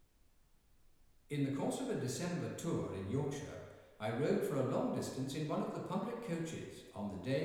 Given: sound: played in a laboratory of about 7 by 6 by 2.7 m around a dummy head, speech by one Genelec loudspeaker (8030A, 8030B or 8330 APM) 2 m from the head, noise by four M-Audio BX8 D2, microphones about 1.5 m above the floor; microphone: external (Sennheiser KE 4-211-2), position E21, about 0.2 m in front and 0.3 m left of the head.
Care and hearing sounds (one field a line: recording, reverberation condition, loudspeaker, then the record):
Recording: male speech in English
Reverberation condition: high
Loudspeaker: 30 degrees to the right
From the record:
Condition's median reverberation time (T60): about 1300 ms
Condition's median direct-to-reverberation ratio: about -4.0 dB